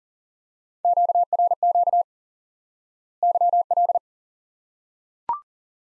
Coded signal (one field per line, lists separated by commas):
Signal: Morse code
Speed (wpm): 40 wpm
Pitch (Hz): 700 Hz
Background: none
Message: QRQ YL